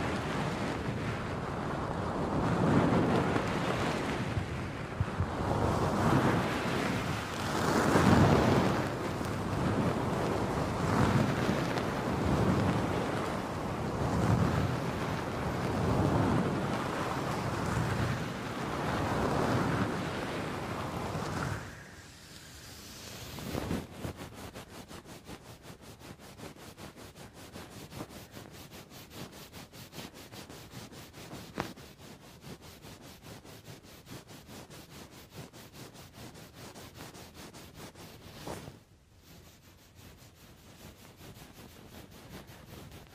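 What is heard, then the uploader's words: Wind buffets a microphone's furry muff in loud, rumbling gusts that pulse roughly every second or two for the first twenty seconds. Then it drops to a quieter, steadier hiss full of fine crackling ticks, with a brief lull near the thirty-nine-second mark. Windy Muffs, Scratching the 3DIO.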